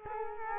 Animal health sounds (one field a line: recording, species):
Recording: mosquito wingbeat signal from an infrared sensor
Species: Culex quinquefasciatus